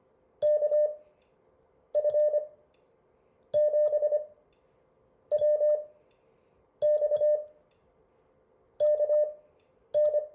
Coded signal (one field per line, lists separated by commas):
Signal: Morse code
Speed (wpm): 25 wpm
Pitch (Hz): 600 Hz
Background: none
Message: KF7WX KN